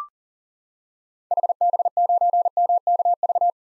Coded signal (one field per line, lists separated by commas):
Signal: Morse code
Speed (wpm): 40 wpm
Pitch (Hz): 700 Hz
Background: none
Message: HB9MKV